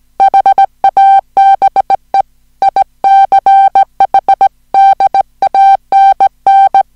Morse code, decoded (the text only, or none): HABE ICH DANN